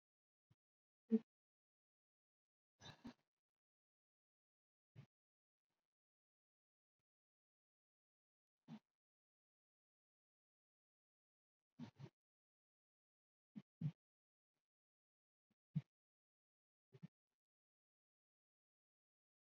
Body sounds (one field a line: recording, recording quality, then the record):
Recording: shallow breathing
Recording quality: excellent, no background noise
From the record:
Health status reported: COVID-19 positive, moderate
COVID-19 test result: positive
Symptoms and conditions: cough, breathing difficulty, fever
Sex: male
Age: 42 years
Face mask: not worn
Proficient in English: yes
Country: India